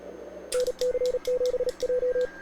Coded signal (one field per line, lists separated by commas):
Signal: Morse code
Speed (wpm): 37 wpm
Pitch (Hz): 500 Hz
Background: radio noise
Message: NC7J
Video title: Calling VP6A Ducie Island / 17 Meter CW / NG7M Operating as NC7J (June 23th 04:00Z)